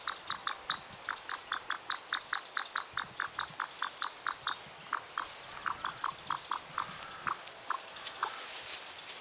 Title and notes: REEVES PHEASANT CALLS. the extraterrestrial sounding calls of the Wonderfully beautiful male Reeve's Pheasants